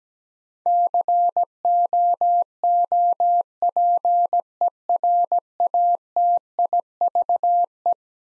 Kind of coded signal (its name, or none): Morse code